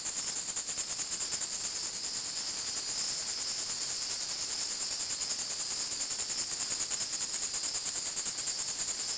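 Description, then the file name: Insect sound, an unbroken high whirring trill pulsing rapidly and evenly across the whole stretch. Recorded at Fort Matanzas. "insect noise at ft matanzas"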